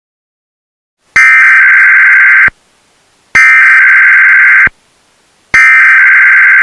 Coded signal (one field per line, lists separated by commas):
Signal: Emergency Alert System (SAME) tones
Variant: header bursts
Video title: Emergency Alert System during Thomas and friends